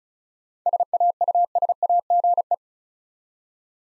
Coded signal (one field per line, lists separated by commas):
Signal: Morse code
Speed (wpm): 36 wpm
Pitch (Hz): 700 Hz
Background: none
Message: SAUSAGE